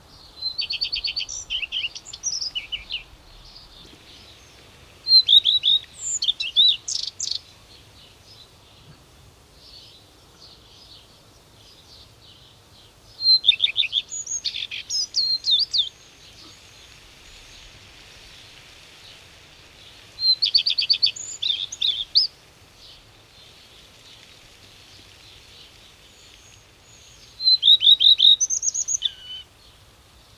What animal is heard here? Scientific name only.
Phoenicurus phoenicurus